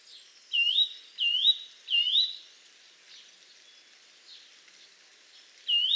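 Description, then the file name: Eurasian nuthatch giving three quick rising whistled notes, then a quiet gap with faint chirps before one more upslurred whistle at the end. "Sitta europaea"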